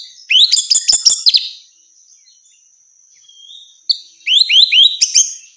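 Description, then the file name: Orange-headed thrush song: two bursts of rapid, high chirping notes stacked in quick runs, separated by a pause, with a faint steady high whine throughout. Female; recording made as a therapy or training sound. "suara terapi anis merah betina"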